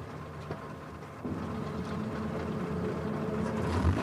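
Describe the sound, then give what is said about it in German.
A car being driven and pulled up to park: its engine rumbles low and steady, the drone growing a bit fuller after the first second and holding on without a break. No one speaks. “Wir können den Wagen hier stehen lassen und das letzte Stück zu Fuß gehen.”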